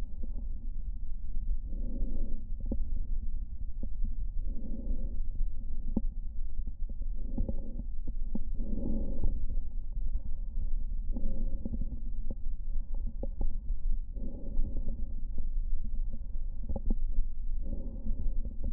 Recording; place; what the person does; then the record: lung sounds by stethoscope; left anterior apical chest; quiet breathing, then deep breathing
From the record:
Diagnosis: interstitial lung disease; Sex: female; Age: 74 years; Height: 150 cm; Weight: 69.8 kg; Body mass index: 31.0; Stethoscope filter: diaphragm mode